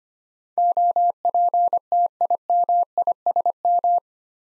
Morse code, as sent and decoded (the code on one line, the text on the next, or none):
--- .--. - .. -- .. ... --
OPTIMISM